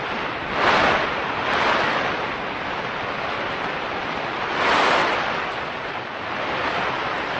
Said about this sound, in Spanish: La verdad es que desde luego impresiona el sonido de estas explosiones solares. Estamos en el momento de máxima actividad solar, no hay ningún problema por ello, es un fenómeno de la naturaleza, pero digno de ser estudiado